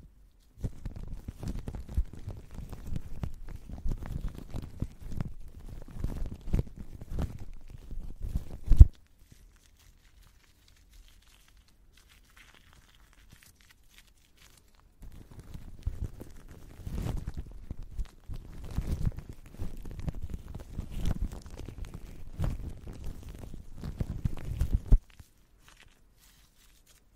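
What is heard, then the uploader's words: Shaving foam is squished and slapped in dense wet bursts from the start to about nine seconds, then again from fifteen to twenty-five. 거친듯 부드러운듯 쉐이빙폼 치덕치덕. 마이크 괴롭히기. Shaving foam sound. Zoom H6, 에이포트 핀마이크 AP211.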